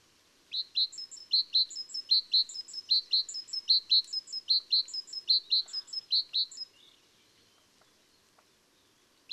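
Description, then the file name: Great tit repeating a rhythmic phrase of clear lower and thin higher notes for about six seconds, then falling silent. "Parus major"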